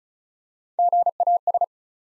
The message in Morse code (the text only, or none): GAS